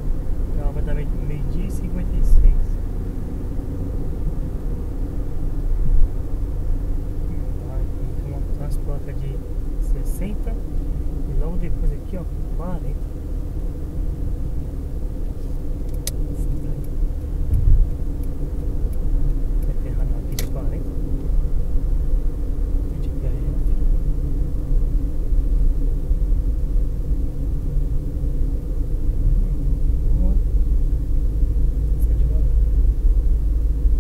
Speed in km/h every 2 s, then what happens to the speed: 71, 72, 72, 68, 64, 60, 59, 59, 59, 59, 58, 55, 53, 49, 47, 43, 43.
4-10 slows to 60. 10-19 steady at about 59. 19-30 slows to 43.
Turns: none.